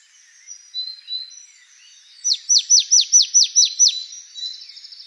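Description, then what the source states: Marsh tit calls: a quick run of several high, sharply falling notes after a few faint chirps, with a thin buzzy trill trailing at the end. Recorded 28 November 2013.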